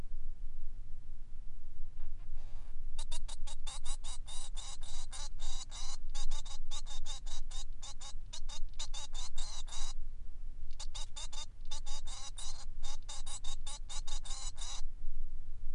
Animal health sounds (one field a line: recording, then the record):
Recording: song of a male Bengalese finch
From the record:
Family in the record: son of father 3